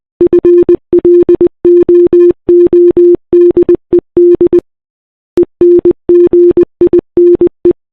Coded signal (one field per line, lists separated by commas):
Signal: Morse code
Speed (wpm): 20 wpm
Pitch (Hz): 350 Hz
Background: none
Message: FLOODED ENGINE